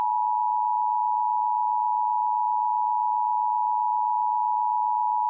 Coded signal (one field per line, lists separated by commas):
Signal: Emergency Alert System (SAME) tones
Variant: 853 and 960 Hz attention tone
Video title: EAS Remake 2: Rome EF3/EF4